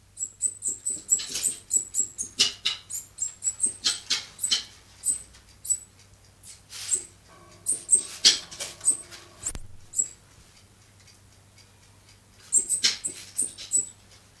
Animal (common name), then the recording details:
South American Coati. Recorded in captivity. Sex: male. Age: adult. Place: Zoo Rostock, Mecklenburg-Vorpommern, DE. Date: 1984-02-04 11:00. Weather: overcast, 3-6°C. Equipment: Nagra SN, Kopie Uher 4000 Report Monitor. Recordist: Tembrock, Günter